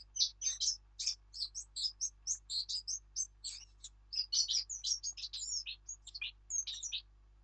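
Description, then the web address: Eurasian blackcap in full song, a continuous fast stream of rich, varied warbled notes, with a faint steady hum underneath. "birdsong Sylvia atricapilla"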